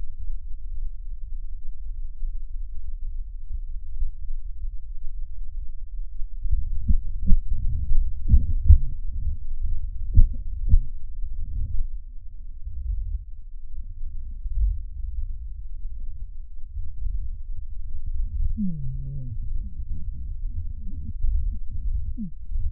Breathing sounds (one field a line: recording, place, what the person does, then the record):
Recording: lung sounds by stethoscope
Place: left posterior basal chest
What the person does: quiet breathing, then cough and speech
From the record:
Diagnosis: interstitial lung disease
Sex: male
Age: 82 years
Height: 158 cm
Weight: 49 kg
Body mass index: 19.6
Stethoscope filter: bell mode